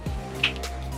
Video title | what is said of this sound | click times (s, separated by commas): NECA Scream Ultimate Ghostface UNBOXING | pops right in | 0.4 s